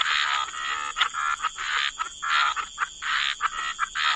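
Dense frog chorus where many rasping croaks run together into near-continuous buzzing, with a steady high hum beneath.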